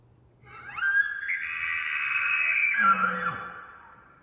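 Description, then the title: Elk bugle, a rising whistle sliding into a long, strained, harmonic scream, against quiet surroundings. Bull elk in rut, several bulls calling, one close; morning of September 18 from pre-dawn, Colockum Wildlife Area, Washington; pine-covered high plateau after a night windstorm; just before hunting season. "Elk Multiple Bulls One Close Scream Roar Distant Ethereal Calls"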